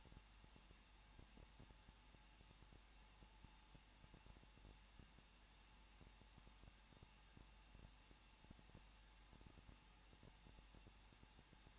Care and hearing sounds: daily activity, microphone in the room; no activity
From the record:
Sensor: 1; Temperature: 20.1 degrees Celsius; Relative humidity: 39.1%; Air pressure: 1006.5 hPa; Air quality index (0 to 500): 216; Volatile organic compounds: 73 ppm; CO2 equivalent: 3542 ppm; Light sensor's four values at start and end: 1/2/1/1 and 1/2/1/1

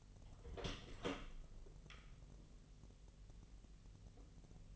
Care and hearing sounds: daily activity, microphone in the room; open door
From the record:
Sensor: 4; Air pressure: 1002.1 hPa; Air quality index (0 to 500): 248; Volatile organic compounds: 41 ppm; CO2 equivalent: 3163 ppm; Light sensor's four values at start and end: 9/21/8/7 and 9/19/7/7

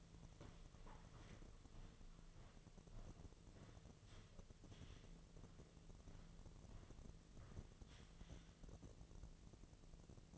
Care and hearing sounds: daily activity, microphone in the room; walk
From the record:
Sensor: 4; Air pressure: 1006.3 hPa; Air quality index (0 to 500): 84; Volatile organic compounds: 2 ppm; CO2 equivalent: 1035 ppm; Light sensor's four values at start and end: 12/27/10/10 and 12/27/10/10

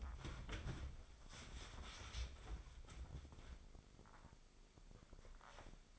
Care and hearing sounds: daily activity, microphone in the room; wipe stove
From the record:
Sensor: 5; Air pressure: 996.2 hPa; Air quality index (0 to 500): 97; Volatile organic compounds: 6 ppm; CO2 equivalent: 1865 ppm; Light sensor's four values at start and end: 35/80/34/37 and 34/81/33/35

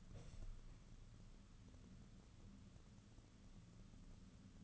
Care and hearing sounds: daily activity, microphone in the room; open window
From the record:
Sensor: 4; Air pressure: 995.2 hPa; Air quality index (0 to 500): 191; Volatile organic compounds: 120 ppm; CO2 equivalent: 3872 ppm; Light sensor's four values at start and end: 4/9/3/4 and 5/11/4/4

